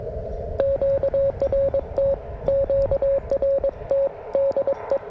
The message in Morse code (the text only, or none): QRT QRT DE